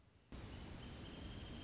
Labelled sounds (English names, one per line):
Wrentit